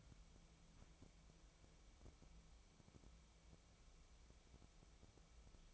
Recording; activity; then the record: daily activity, microphone in the room; wipe stove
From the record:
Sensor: 1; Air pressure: 1001.6 hPa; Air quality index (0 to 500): 216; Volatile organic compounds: 27 ppm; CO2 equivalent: 2886 ppm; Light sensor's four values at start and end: 7/28/10/11 and 7/28/10/11